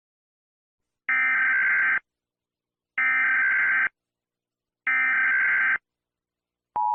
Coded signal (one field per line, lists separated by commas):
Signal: Emergency Alert System (SAME) tones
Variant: header bursts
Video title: i heard a eas alarm so..